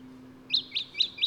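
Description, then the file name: Lemon-bellied flyrobin uttering four sharp, high chirps in quick, even succession, over faint low hum. "Microeca Flavigaster"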